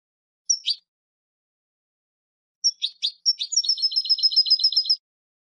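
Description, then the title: European goldfinch: a few sharp, high paired call notes, then a quick, evenly repeated tinkling trill lasting about a second and a half. "Jilguero"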